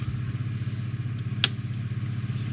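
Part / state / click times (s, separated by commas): plastic escape pod cover piece into starship model hull / seated / 1.4 s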